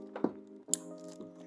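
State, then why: Seated. The main wiring harness plug is pushed into the socket of a new Infinity headlight assembly for a 2015-2021 Subaru WRX/STI on the passenger side, with music playing underneath. After a couple of soft handling taps around 0.2 s, a sharp click at 0.7 s marks the plug-and-play connector seating fully.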